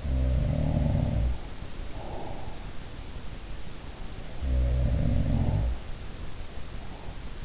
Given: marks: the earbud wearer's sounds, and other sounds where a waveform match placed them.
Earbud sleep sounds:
sounds in sleep by an in-ear microphone; breath
0.00-2.80 s: sound from someone else or the room
1.83-2.80 s: breath
4.08-6.20 s: sound from someone else or the room

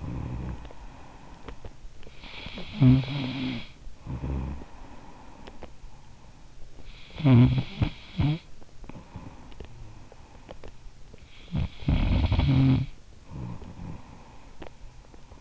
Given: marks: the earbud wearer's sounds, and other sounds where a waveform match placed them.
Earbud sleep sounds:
sounds in sleep by an in-ear microphone; snoring breath
0.00-1.83 s: snoring breath
1.83-15.39 s: snoring breath

